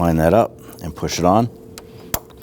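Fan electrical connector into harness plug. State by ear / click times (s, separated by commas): seated / 2.1 s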